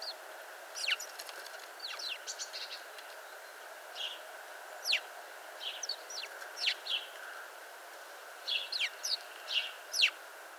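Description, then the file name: House sparrow chirping, scattered sharp notes and quick doubled chirps, busier toward the end, with a constant background hum. "Passer domesticus"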